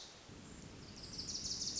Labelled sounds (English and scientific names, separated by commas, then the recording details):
Wilson's Warbler (Cardellina pusilla)
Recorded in Sonoma County, California